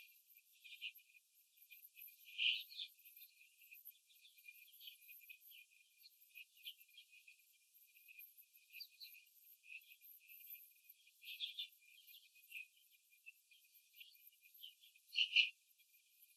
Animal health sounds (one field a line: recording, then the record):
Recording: young laying hens in a cage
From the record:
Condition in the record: after the stressor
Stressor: simulated dog barking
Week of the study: 3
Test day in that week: 2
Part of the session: 3